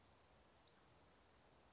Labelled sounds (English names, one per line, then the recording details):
Western Flycatcher
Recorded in Sonoma County, California